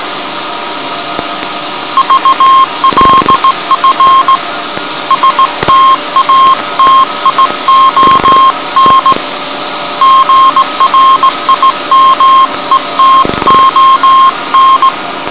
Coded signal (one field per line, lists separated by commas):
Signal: Morse code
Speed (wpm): 17 wpm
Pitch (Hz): 1070 Hz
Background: none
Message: VLF STATION GRIMETON